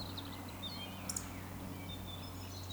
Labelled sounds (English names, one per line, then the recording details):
Eurasian Woodcock
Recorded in Baden-Württemberg, Germany, on 16 June 2020 at 20:06 UTC
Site 14569, 102 m above sea level